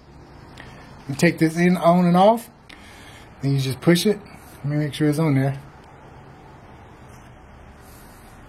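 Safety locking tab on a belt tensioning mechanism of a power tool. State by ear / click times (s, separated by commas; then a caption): not seated / none. Someone talks while handling the safety locking tab on a power tool's belt tensioning mechanism, checking that it is on properly and positioning the safety pin before pushing it down. A few faint short taps are heard at about 0.6 s and 2.7 s beneath the speech. Nothing has seated or clicked yet.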